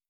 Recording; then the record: hydrophone in a shrimp aquaculture tank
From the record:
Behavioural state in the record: starved